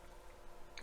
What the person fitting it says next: 17A klikt er zo in.